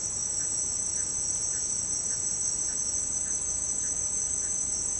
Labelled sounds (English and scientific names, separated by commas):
none